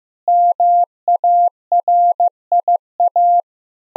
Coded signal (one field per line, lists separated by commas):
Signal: Morse code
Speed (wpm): 15 wpm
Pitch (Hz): 690 Hz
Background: none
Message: MARIA